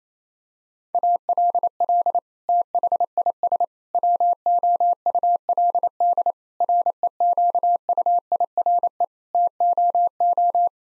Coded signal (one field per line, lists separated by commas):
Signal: Morse code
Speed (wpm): 28 wpm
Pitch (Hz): 700 Hz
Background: none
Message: ALL THIS WOULD REQUIRE TOO